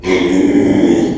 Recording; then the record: squeal of a Yucatan mini pig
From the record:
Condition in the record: after surgery on the right vocal fold (resection and tissue-engineered implant); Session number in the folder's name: 2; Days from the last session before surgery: 13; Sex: male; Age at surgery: 12 weeks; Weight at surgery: 13 kg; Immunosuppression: cyclosporine, prednisolone